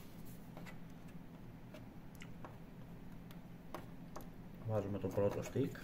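A RAM stick is positioned over motherboard DIMM slot A2 and lined up before being pressed home, making only a few faint ticks. Someone talks near the end. Nothing has seated or clicked yet.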